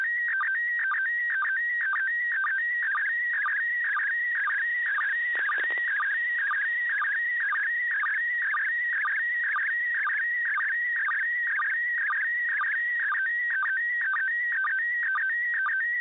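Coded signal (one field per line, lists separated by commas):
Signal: SSTV (slow-scan television)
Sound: warbling stepped tone with a short low blip about twice a second, continuous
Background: radio static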